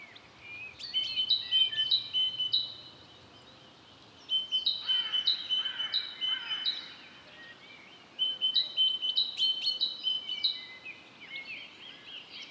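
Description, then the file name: Great tit song: bright, ringing two-note phrases repeated in bouts separated by quieter spells, with thinner chirps and short whistles underneath. "Parus major"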